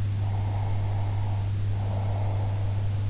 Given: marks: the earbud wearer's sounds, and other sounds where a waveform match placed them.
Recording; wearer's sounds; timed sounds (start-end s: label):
sounds in sleep by an in-ear microphone; breath
0.27-3.04 s: breath